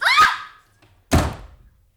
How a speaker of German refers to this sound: Ach. Warum haben Sie bloß geschossen? Sie haben voll getroffen.